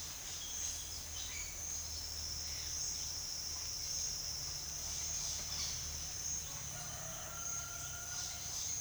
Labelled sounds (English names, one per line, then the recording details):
none
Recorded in secondary vegetation near Puerto Asís, Putumayo, Colombia, on 30 June 2025 at 09:30
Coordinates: 0.498, -76.327
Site GP09